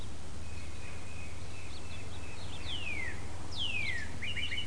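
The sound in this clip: Bird calls: faint flat trills, then two loud, clear whistles sweeping steeply downward, ending in quick high chirps, with a constant low rumble underneath.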